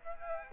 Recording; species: mosquito wingbeat signal from an infrared sensor; Aedes aegypti